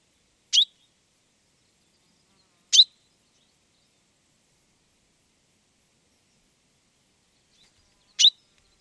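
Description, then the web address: Common chaffinch giving three sharp, clipped call notes, the first two close together, then a long pause before the third; no other sounds. "Deverinetal 2025 File origin Bird Only Fr Co"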